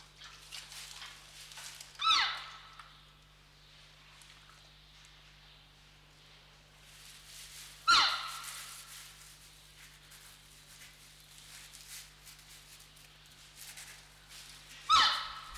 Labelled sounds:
Red River Hog call
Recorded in captivity
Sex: pair
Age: adult
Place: Zoo Berlin, Berlin, DE
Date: 1995-03-04 10:00
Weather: heiter bis wolkig, 1 - 5 °C
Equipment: Marantz CP 130, Sennheiser ME 80, Kopie Uher Variocord 263
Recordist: Tembrock, Günter

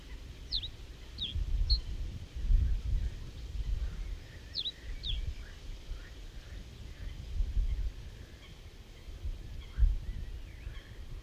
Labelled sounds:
Reed Bunting song
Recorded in the wild
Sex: male
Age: adult
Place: Horn-Bad Meinberg, OT Billerbeck, Lipper Bergland, Nordrhein-Westfalen, DE
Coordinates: 51.8833, 9.03333
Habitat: pond
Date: 1970-05-19
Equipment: Uher 4000 Report-S, Bändchenmikro Beyer M 260, Parabolspiegel Polyester (470 mm)
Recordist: Conrads, Klaus

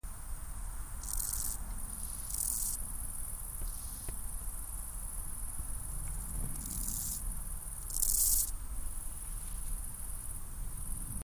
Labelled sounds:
Steppe Grasshopper stridulation
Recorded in the wild
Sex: male
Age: imago
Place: Zühlsdorf, Briesetal, Brandenburg, DE
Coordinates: 52.734, 13.375
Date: 1998-08-11 15:32
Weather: heiter, 25°C
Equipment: Sony MD-WM MZ-R3, Sennheiser ME 80, Kopie Uher 4000 Report Monitor
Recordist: Tembrock, Günter
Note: Männchen: Rivalenstrophen (?). Im Briesetal bei Zühlsdorf

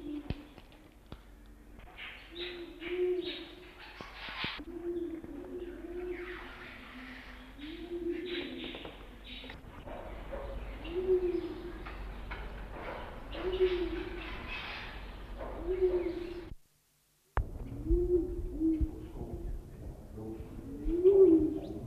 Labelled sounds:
Crested Quail-Dove call
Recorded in captivity
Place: Zoo Berlin, Berlin, DE
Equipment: Halbspur, 9,5 cm/s
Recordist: Lütgens, Hans
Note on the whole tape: Rufe

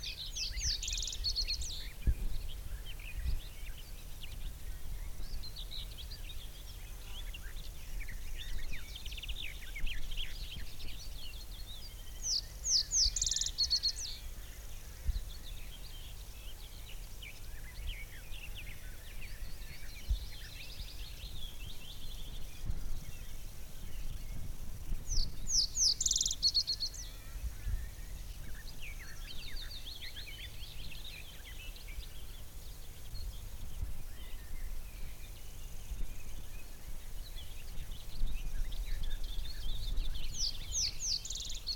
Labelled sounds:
Reed Bunting
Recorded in the wild
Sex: male
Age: adult
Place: Gosener Wiesen, Berlin, DE
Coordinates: 52.41, 13.72
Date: 1989-05-15 10:15
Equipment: Uher 4400 Report Monitor, Sennheiser ME 80, K 30 AV
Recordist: Fischer, Stefan

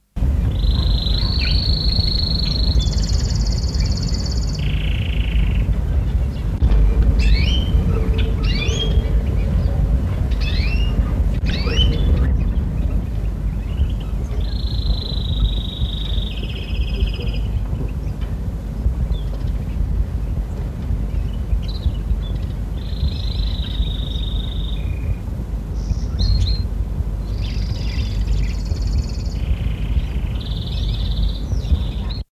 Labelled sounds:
Atlantic Canary call
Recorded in captivity
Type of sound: call
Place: Hannover, Niedersachsen, DE
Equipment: Halbspur, 9,5 cm/s
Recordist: Lütgens, Hans
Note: Zoohandlung "Hasemann"

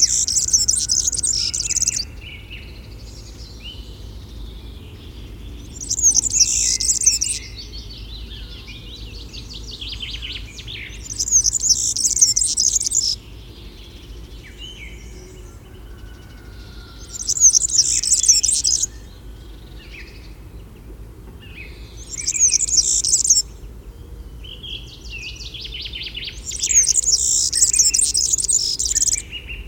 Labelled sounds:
European Serin song
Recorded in the wild
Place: Schorfheide, Brandenburg, DE
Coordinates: 52.907, 13.531
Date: 1989-07-08
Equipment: Nagra III BH, Sennheiser MD 21, parabola
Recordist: Schubert, Michael

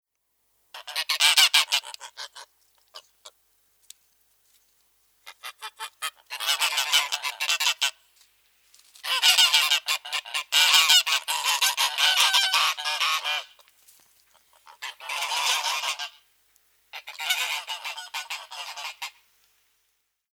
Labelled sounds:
Greylag Goose
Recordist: Tembrock, Günter
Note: Rufe einer Gruppe

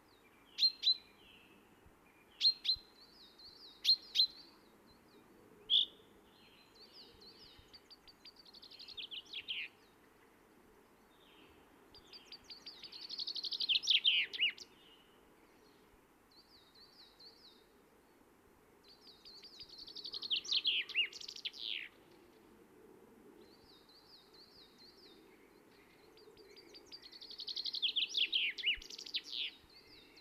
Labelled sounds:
Common Chaffinch
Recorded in the wild
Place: Oberstdorf, Bayern, DE
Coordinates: 47.3806, 10.2919
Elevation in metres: 900
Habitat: mountains
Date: 1977-03-20
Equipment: Nagra IV, Sennheiser MKH 405, Parabolreflektor
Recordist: Tretzel, Erwin

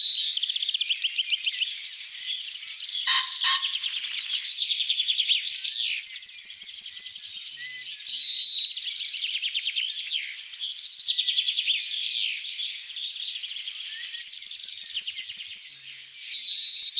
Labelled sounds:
Yellowhammer song
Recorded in the wild
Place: Oberrotweil am Kaiserstuhl, Baden-Württemberg, DE
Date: 1985-05-01
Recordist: Schwarz, Dieter

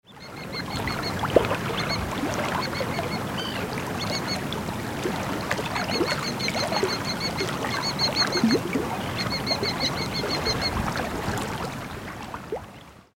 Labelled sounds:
Arctic Tern
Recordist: Frommolt, Karl-Heinz
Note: Rufe bei Nahrungssuche

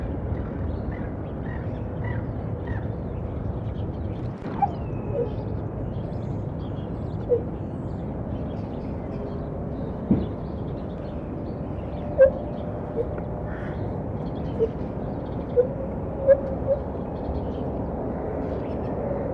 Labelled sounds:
Lar Gibbon
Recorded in captivity
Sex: male
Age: adult
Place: Tierpark Berlin, Berlin, DE
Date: 1976-11-20
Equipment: Uher 4200 Report Stereo, Verstärker, Sennheiser MD 421
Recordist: Tembrock, Günter
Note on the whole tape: Männchen: längere zusammenhängende Lautfolge, sitzt dabei

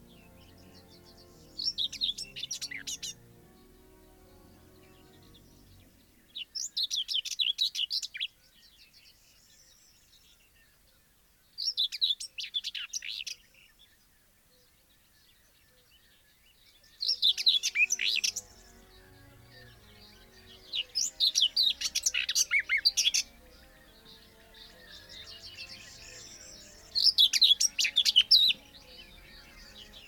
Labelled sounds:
Common Whitethroat
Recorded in the wild
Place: Ljubimez, Khaskovo, BG
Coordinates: 41.847, 26.086
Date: 1974-05-31
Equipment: Nagra III BH, Sennheiser MD 21, parabola
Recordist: Schubert, Michael

